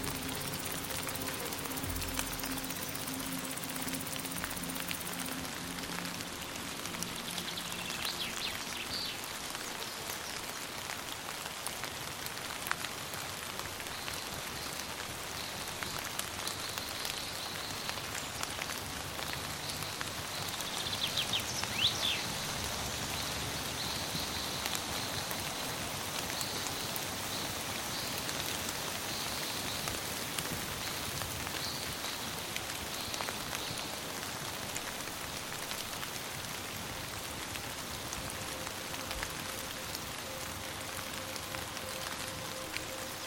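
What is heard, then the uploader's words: Rain taps steadily on leaves and the forest floor, a dense, even patter of small drops that holds for the whole stretch. Faint bird calls and soft sustained tones drift in the background, with a low held note near the start. Water drops are tapping gently on the leaves and the forest floor. This soundscape combines the soft sounds of rain, birds, and relaxing music.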